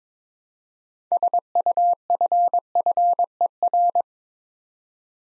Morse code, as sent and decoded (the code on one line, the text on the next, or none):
... ..- ..-. ..-. . .-.
SUFFER